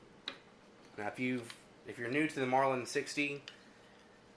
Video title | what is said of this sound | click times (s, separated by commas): Marlin Model 60 Reassembly Problems? | lock it into place now | 0.3 s